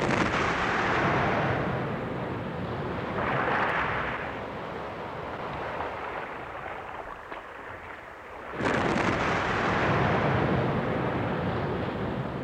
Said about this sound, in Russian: Мадам и месье, какое счастье! Нам на помощь спешит пушечный корабль. Нет, нет, это кашалот бьет хвостом по волнам. Ух, такой удар может разнести нашу шлюпку в щепки.